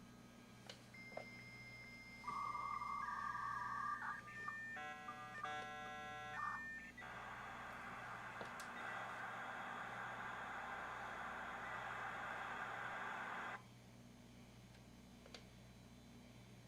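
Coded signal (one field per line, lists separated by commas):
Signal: dial-up modem handshake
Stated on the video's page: Dial-up connection on a US Robotics 56K modem over a POTS landline and a VoIP phone line.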